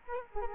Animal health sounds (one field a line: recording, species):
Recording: mosquito wingbeat signal from an infrared sensor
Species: Culex quinquefasciatus